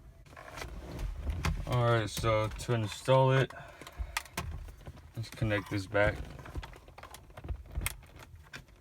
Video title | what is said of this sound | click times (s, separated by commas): How to Fix BMW 3 Series Stuck Ash Tray Compartment - E90 FIX - Center Console Slot Wont Open | sure it clicks wait all right that should be good now | 7.9 s